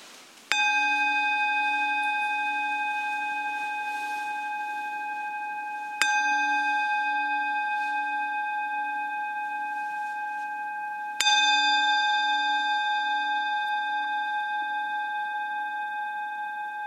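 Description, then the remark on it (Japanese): A meditation bell is struck three times in Shakujii, Nerima Ward, Tokyo, about five to six seconds apart, each strike a bright metallic ring with steady harmonic overtones that hums on and fades slowly into the next. “はい、じゃあまずはね、鐘を3つ鳴らしますので、その鐘の音に注意を向けてください。”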